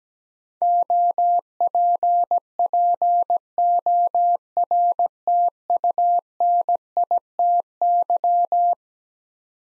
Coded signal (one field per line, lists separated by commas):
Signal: Morse code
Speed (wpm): 17 wpm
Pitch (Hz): 700 Hz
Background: none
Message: OPPORTUNITY